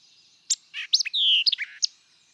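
White-eyed vireo giving one complete song: a sharp chip, rapid scratchy notes, a long falling whistle, then a final crisp chip.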